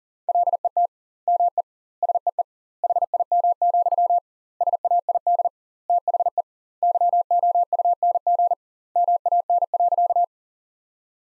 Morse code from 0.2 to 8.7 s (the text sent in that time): LET ME SEE HIM, SAID THE YOUNG